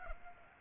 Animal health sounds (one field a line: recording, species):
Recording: mosquito wingbeat signal from an infrared sensor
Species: Aedes aegypti